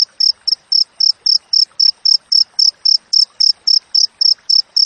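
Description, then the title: Cricket emitting rapid, high, ringing chirps at a steady pace of about four per second, one slightly shorter pulse early on. Clear natural cricket chirping with tightly spaced chirps, used for training songbirds and for repelling rats. "Masteran Jangkrik Alam Jernih, Jeda Rapat Cocok Untuk Masteran Burung Dan Mengusir Tikus"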